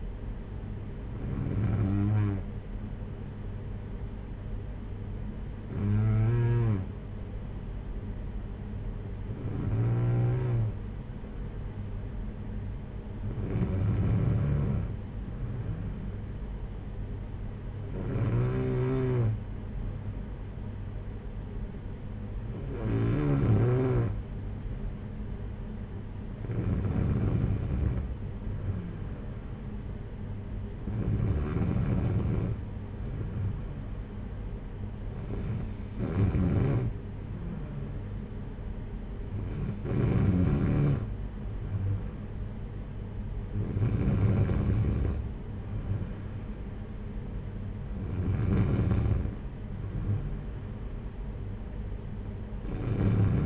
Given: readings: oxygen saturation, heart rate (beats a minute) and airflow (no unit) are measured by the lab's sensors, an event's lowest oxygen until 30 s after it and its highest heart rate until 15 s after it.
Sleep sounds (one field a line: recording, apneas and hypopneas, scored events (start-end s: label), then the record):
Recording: breathing in sleep by a smartphone at the bedside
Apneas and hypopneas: none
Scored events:
none scored
From the record:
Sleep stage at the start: N2 (light sleep)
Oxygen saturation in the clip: 92 to 94%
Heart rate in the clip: 52 to 59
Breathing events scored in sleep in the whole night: 226 in 8.8 hours asleep